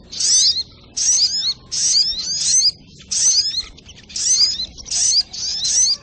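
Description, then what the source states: Little Spiderhunter singing bright, high phrases with looping whistled notes, each burst followed by a short silence. Training recording (masteran) of a sogok ontong, labelled 'Labaik'.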